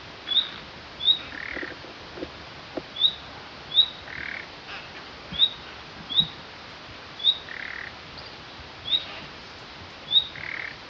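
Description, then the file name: Common nightingale calls: short, clear, rising whistles repeated at uneven intervals, mixed with several soft, harsh croaking rasps. "Luscinia megarhynchos"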